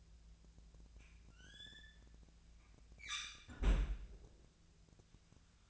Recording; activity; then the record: daily activity, microphone in the room; close fridge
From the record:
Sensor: 2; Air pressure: 1009.5 hPa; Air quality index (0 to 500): 185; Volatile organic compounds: 11 ppm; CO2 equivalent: 2308 ppm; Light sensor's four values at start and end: 25/61/26/29 and 25/61/26/28